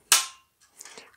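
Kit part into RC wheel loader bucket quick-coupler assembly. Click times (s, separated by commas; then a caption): 0.1 s. A kit part is pressed into the quick-coupler assembly of an XHD rock bucket S for an RC wheel loader. It snaps in with one sharp, loud click at 0.1 s, followed by a few faint, softer ticks and rustles. The part is seated in the right position, confirmed by its clip sound.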